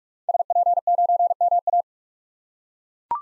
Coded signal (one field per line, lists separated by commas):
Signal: Morse code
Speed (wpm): 42 wpm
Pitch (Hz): 700 Hz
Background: none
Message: SP9MA